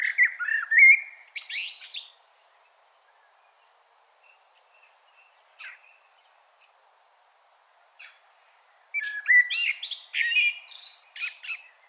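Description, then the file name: Common blackbird song: a warbled phrase ending in high squeaks, a quiet pause with faint chips, then another fluting phrase with scratchy twittering. "Turdus merula"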